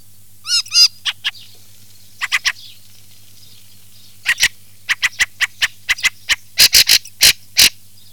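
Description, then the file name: Fieldfare giving harsh chacking calls, dry clipped notes scattered in loose groups, with a brief hooked whistle early on and a low steady hum. Recording filtered. "CESENA"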